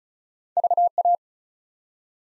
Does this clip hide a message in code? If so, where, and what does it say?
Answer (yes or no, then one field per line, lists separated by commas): yes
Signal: Morse code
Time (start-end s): 0.6-1.2 s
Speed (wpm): 36 wpm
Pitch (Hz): 700 Hz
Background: none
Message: VA